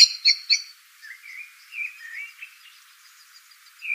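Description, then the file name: Eurasian blackbird song opening with a few high, squeaky notes, then a run of rich, fluted, gently rising and falling warbles, and a short whistle at the end. "Turdus merula"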